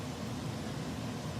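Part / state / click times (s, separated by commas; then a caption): crimped pin into connector housing / not seated / none. A crimped pin is being handled at a small plastic Futaba servo connector housing, with a tiny screwdriver helping to push it in. Only a steady, even rush of broadband noise with a low hum underneath is heard, with no distinct click. Nothing has seated or clicked yet.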